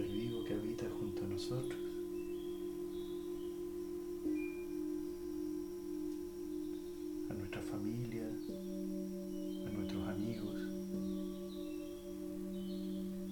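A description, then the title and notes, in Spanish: Singing bowls ring with a steady, sustained hum made of several layered tones, low and mid pitches holding through the whole clip with a slight wavering pulse. Speech breaks in briefly near the start, around eight seconds, and again near ten seconds. Un viaje entre cuencos y sus armonicos.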